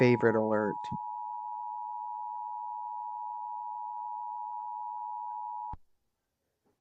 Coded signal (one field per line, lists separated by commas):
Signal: Emergency Alert System (SAME) tones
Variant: 853 and 960 Hz attention tone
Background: speech